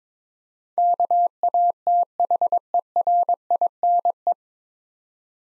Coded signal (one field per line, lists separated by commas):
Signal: Morse code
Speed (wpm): 22 wpm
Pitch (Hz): 700 Hz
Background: none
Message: KATHERINE